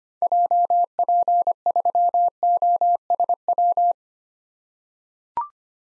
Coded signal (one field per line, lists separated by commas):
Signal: Morse code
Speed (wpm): 25 wpm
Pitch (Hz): 700 Hz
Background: none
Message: JP3OSW